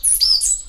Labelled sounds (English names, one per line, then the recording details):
Stitchbird song
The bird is a male
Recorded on Tiritiri Matangi Island, New Zealand, in 2005
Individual 19, of nest box 27